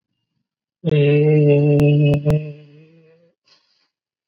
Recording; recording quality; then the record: sustained vowel as in made; excellent, no background noise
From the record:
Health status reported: COVID-19 positive, mild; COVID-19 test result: positive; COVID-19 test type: RT-PCR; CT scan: taken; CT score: 17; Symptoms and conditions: cough, breathing difficulty, fatigue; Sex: male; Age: 48 years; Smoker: no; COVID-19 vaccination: one dose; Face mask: not worn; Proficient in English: yes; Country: India